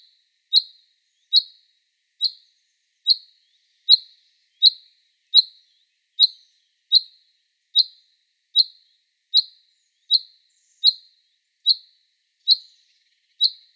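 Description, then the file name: Common chaffinch giving a short, sharp, high call note repeated many times at a steady pace, against a silent background. "Fringilla coelebs"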